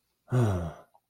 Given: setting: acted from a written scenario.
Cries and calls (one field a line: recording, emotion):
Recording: vocal sound without words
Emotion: contentment